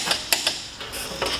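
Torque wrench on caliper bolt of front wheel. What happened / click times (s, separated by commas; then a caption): The torque wrench clicked at its set torque / 0.3 s. A torque stick set to 70 pounds on a 17 mm impact socket tightens a brake caliper bolt on a front wheel. Short metallic ticks are heard, with a sharp click at 0.3 s. The click shows the bolt has reached the set torque.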